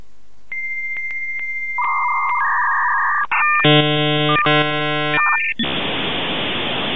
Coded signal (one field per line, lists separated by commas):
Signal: dial-up modem handshake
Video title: Modem Sound Effect